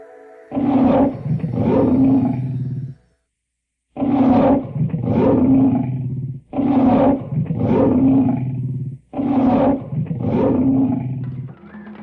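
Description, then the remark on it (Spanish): A tiger roars four times in a row, each roar a loud, deep, rumbling burst lasting about two seconds, with a brief silence after the first. “Y en ese mismo momento, apareció el tigre floral.”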